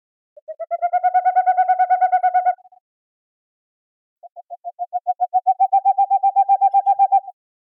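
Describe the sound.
Boreal owl song: two rapid series of hollow hooting notes, each about two to three seconds long and rising slightly in loudness, separated by a pause of silence.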